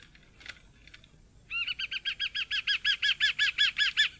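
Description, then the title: Variable hawk giving a fast, regular series of harsh yelping notes after a quiet start with a few faint calls. "Museo de Ciencias de Bahía Blanca - PdA - Aguilucho"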